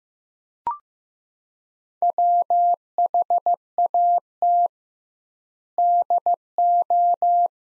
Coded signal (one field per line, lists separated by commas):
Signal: Morse code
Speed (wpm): 15 wpm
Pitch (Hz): 700 Hz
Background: none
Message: WHAT DO